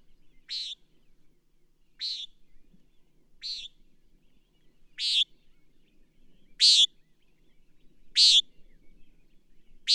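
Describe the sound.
Bird song of clipped high chirps repeated roughly every one and a half seconds, mostly growing louder, with a near-silent background.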